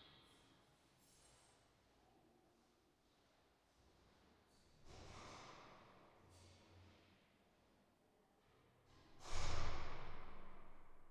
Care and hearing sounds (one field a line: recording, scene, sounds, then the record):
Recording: everyday scene through a hearing-aid microphone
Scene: reverberant space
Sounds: background noise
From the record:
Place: staircase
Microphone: in the ear canal, right